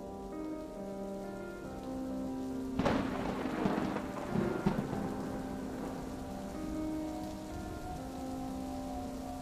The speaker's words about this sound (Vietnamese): Rạng sớm hôm đó, trời đổ cơn mưa rào rả rích, dập liên hồi như thác nước đổ xuống mặt đường.